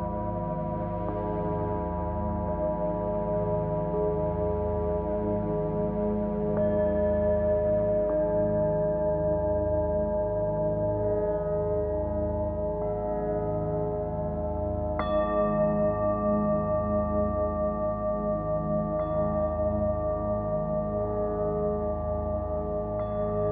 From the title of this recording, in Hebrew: קערות טיבטיות